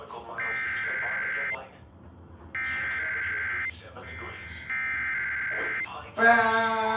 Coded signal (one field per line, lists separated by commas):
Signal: Emergency Alert System (SAME) tones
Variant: header bursts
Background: speech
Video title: IP - Required WEEKLY Test and SNOW SQUAIL WARNINGS - NO EAS